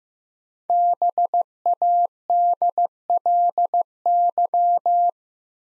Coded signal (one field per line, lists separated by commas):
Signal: Morse code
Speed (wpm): 15 wpm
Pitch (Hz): 700 Hz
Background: none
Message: BADLY